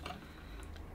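The locking collar of a Scheppach DP 60 710 W bench drill's keyless chuck is given a quick twist to unlock it, and its ratchet ticks with sharp clicks at 0.1 s and 0.8 s over a steady low hum. The chuck is released and the drill bit drops out into the hand.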